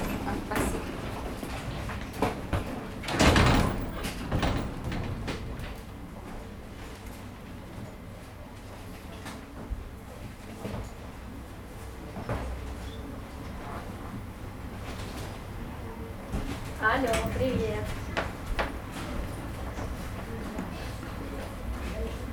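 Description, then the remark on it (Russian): Steady low rumble of the Tsaritsyno railway platform in Biryulyovo Vostochnoye, Moscow, Russia, with a sharp burst of sliding train doors early on, then scattered clanks, footsteps and faint murmuring voices. “Platform Tsaritsyno Railway”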